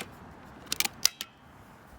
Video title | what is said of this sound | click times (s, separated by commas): Litheli U20 Pole Saw for Tree Trimming - 8'' Electric Cordless Pole Saws Tree Trimmer | and then it snaps into place just like that | 1.1 s